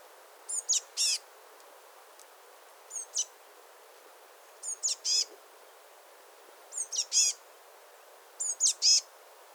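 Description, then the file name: Eurasian blue tit calling: thin high notes, each run followed by a short buzzy burst, given in phrases about every two seconds against a faint steady hiss. "Cyanistes caeruleus"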